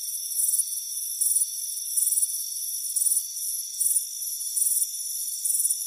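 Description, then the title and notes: Crickets chirp in short bright pulsed bursts, repeating regularly, with a continuous high hum beneath. Warm afternoon, front porch. "Soothing Crickets Chirping Sound. It's a warm afternoon as you relax in a hammock on the front porch"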